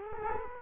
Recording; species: mosquito wingbeat signal from an infrared sensor; Culex quinquefasciatus